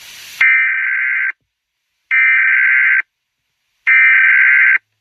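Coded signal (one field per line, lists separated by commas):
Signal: Emergency Alert System (SAME) tones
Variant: header bursts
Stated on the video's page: Fictional comedy EAS alert, a Christmas parody rather than a real activation.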